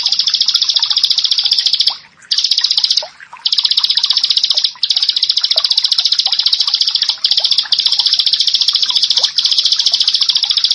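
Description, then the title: Bar-winged prinia song: rapid, metallic, buzzy high notes delivered in long phrases with a few short pauses. "Ciblek Sawah 1"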